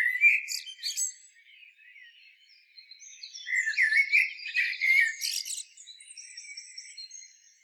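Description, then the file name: Common blackbird song: a low fluted warbling phrase, then after a pause a longer mellow warble that breaks into high squeaky twittering notes. "Turdus merula"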